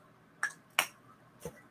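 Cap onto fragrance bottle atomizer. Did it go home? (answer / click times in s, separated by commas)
no / none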